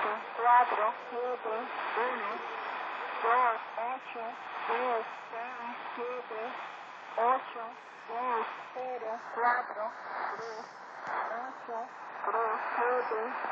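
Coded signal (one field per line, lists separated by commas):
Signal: numbers station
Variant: V02 Spanish lady, Spanish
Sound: a woman's voice reading short evenly spaced Spanish words over shortwave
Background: radio static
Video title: 10345khz spanish lady V02 Number station HM01 Zahlensender 2014.6.29 Shortwave Kurzwelle DX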